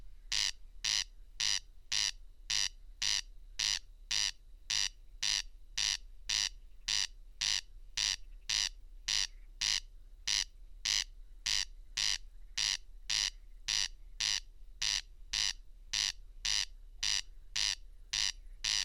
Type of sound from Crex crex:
song